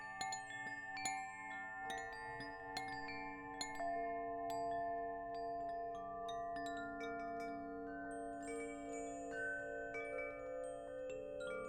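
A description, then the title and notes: Wind chimes ring out in frequent bright strikes over a bed of long, sustained bowl and bell tones that hum steadily beneath. The chimes tinkle irregularly throughout, a few strikes every second, while the low and middle tones swell and shimmer without stopping. Ambient Wind Chimes for Relaxation, Meditation & Focus. The transcendent tones of meditative bells and Tibetan singing bowls.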